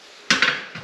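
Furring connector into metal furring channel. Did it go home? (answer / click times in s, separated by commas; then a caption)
yes / 0.3 s. A connector on a metal drywall furring channel is clipped into the other channels to form a horizontal support for the plasterboard. A sharp snap at 0.3 s marks it seating, followed by a second clack at 0.4 s and a fainter knock near 0.8 s.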